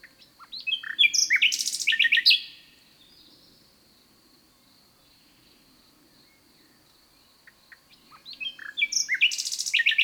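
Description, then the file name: Common nightingale giving two loud song phrases of rapid repeated notes and whistles, separated by a long quiet gap with a faint steady high tone. "Luscinia megarhynchos"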